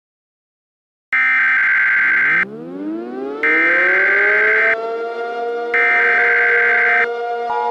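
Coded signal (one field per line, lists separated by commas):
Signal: Emergency Alert System (SAME) tones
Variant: header bursts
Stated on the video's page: Fictional alert scenario about a hurricane striking southern Florida.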